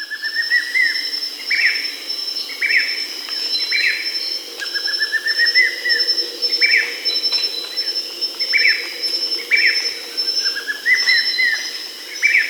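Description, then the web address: Grayish mourner giving short whistled notes in rising series, the phrase repeated many times, over a steady high insect drone. South America. "Natures Songs S America Grayish Mourner (Rhytipterna simplex"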